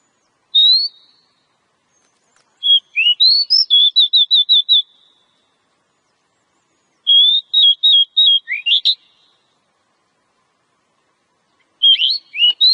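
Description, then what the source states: Oriental magpie-robin song: bursts of clear whistled notes, including fast repeated series and upward sweeps, given in four phrases separated by pauses. Lure song.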